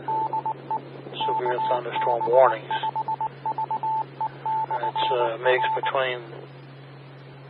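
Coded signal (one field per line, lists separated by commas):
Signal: Morse code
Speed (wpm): 19 wpm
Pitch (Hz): 880 Hz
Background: speech, radio noise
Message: DE KB5VE/R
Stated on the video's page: Morse heard on a 146.670 MHz repeater.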